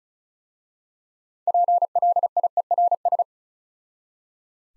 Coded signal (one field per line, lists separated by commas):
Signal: Morse code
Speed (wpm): 36 wpm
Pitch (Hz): 700 Hz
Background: none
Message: PLIERS